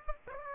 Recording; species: mosquito wingbeat signal from an infrared sensor; Aedes aegypti